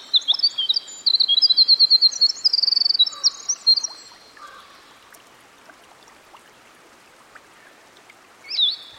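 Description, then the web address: Winter wren song, a fast high-pitched stream of trills and twittering notes for about four seconds, then quiet, with a brief high note at the end. Recorded by a stream. "Dan Gibson Songbirds By The Stream. Winter Wren"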